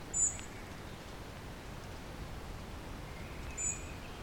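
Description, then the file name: European robin giving two thin, high call notes, one at the start and one near the end, over steady background hiss. "Erithacus rubecula"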